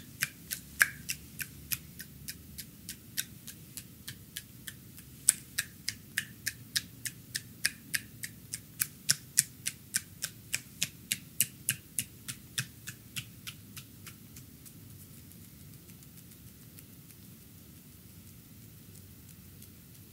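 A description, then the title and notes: A wooden hammer taps out a back and neck massage in quick, even strikes, about three per second, each a sharp bright click. The tapping runs for roughly fourteen seconds and then stops, leaving a low steady hum. ASMR Tok Sen Thai hammer back and neck massage.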